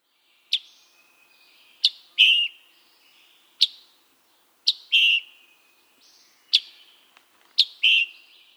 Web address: Scarlet Tanager